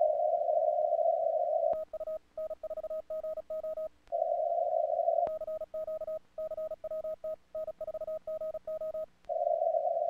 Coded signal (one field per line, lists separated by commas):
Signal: Morse code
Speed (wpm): 36 wpm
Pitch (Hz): 1260 Hz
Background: radio noise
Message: TU N4GO CQ CWT N4GO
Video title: 1-4-24 0300 NEW YEAR NEW CWT 80M 103/103